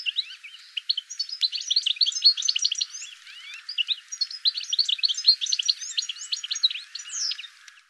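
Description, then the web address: Bird chatter: a steady, continuous stream of rapid high chirps and squeaky notes running almost unbroken for eight seconds. "cianscape birddata Deverinetal 2025 File cleaned normalized Bird"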